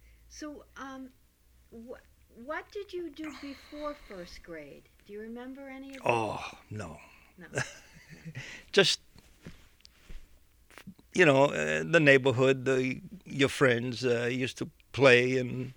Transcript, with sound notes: So, um, what did you do before first grade? Do you remember any of that? ( he laughs )
Just, you know, the neighborhood, your friends used to play and